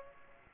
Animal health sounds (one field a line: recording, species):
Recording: mosquito wingbeat signal from an infrared sensor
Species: Aedes aegypti